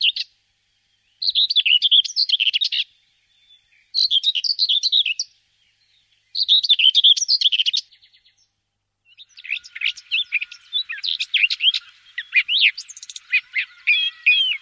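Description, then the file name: Common whitethroat song: brief scratchy, chattering warbles about one and a half seconds long, repeated three times with short pauses, then a longer run of busy scratchy notes. "Grasmus"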